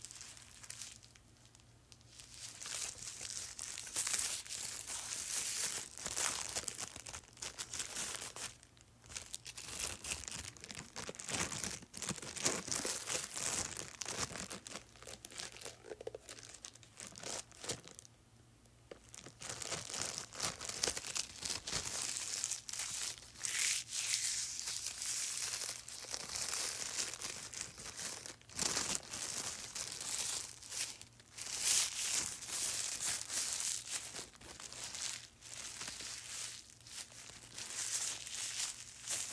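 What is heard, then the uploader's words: Plastic crinkles almost without pause for the whole clip, dense bright crackles in irregular bursts, over a faint low steady hum. ASMR Crinkling Plastic.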